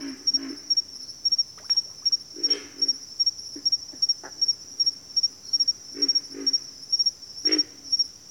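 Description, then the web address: Pig frogs grunting in short bursts of two or three low rasping notes, against a continuous piercing insect trill. Several pig frogs calling in a bayou. "Echoes of Nature - Bayou Pig Frogs"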